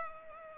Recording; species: mosquito wingbeat signal from an infrared sensor; Culex pipiens